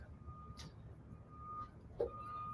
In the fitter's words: push it forward until you hear it click